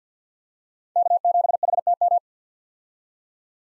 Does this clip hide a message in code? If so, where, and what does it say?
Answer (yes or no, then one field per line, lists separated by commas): yes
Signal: Morse code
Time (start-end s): 1.0-2.2 s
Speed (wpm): 48 wpm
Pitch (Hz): 700 Hz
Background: none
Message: K7HTM